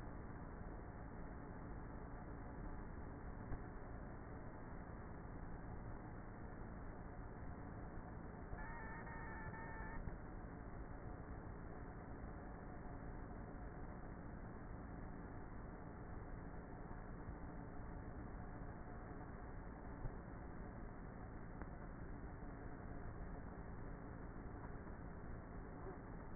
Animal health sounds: honeybee colony, microphone inside the hive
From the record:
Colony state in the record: queenless with a low population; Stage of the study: before two queens were removed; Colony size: about 30,000 bees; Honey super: no

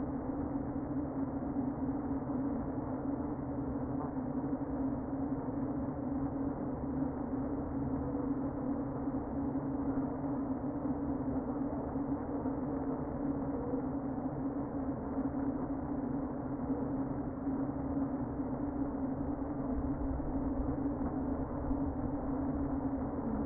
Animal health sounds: honeybee colony, microphone inside the hive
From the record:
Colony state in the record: queen present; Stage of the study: before two queens were removed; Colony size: about 60,000 bees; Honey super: yes

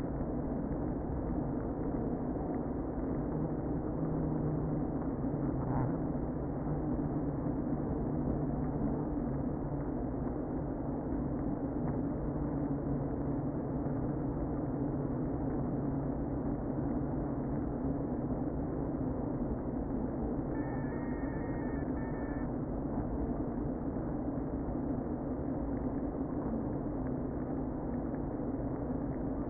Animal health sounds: honeybee colony, microphone inside the hive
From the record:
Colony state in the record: queen present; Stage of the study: before two queens were removed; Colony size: about 60,000 bees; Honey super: yes

